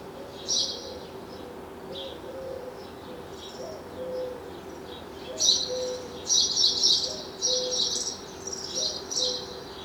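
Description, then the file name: House sparrow chirps, short bright notes in quick bursts that grow busier in the second half, with a faint low whistled tone running underneath. "Passer domesticus"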